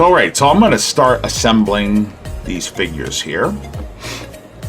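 Someone talks while starting to assemble a plastic bootleg brick minifigure, pressing a plastic minifigure part onto a minifigure body. A brief sharp sound comes right at the end, around 4.6 s. The part has not seated or clicked into place yet.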